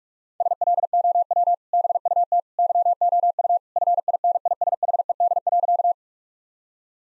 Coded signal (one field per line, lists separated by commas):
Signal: Morse code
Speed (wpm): 41 wpm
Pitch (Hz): 700 Hz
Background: none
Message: SLOW BUT YOU FINISHED.